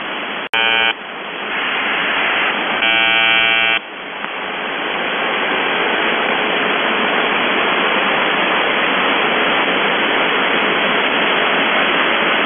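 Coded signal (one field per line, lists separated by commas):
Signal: channel marker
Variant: UVB-76 (The Buzzer)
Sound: radio hiss with two short harsh harmonic buzzes, then steady hiss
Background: radio static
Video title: The Buzzer/UVB-76(4625Khz) October 3, 2021 Voice messages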